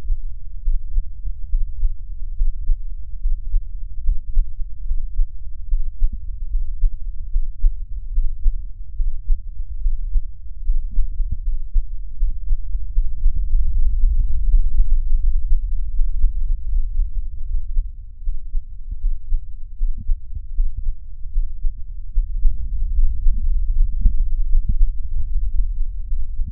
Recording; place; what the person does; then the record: lung sounds by stethoscope; right anterior apical chest; quiet breathing, then deep breathing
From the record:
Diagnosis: none (healthy); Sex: male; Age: 35 years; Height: 186 cm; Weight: 108 kg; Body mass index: 31.2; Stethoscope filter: bell mode